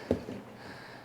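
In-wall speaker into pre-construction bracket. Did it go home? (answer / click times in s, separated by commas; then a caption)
yes / 0.1 s. A Focal 300 IWLCR6 in-wall speaker is pushed into its pre-construction mounting bracket, so it fits without cutting sheetrock. Its tool-less clips snap home with a single short, sharp click at 0.1 s over a quiet background. The speaker is seated in the bracket.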